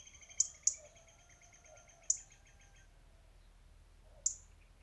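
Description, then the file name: European robin giving sharp, high ticking calls, four in all, two close together at the start, over faint twittering in the background. "Erithacus rubecula"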